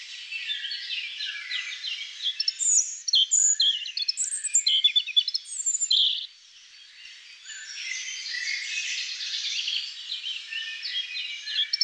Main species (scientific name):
Erithacus rubecula